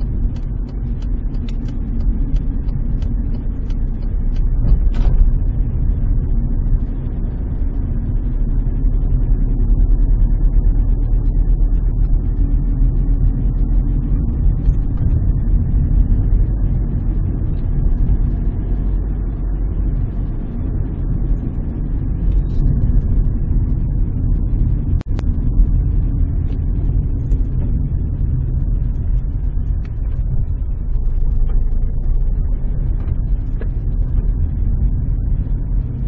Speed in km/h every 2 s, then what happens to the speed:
24, 22, 24, 26, 29, 30, 29, 33, 35, 35, 34, 34, 30, 24, 15, 12, 16, 23.
0-20 speeds up to 34. 20-29 slows to 12. 29-36 speeds up to 23.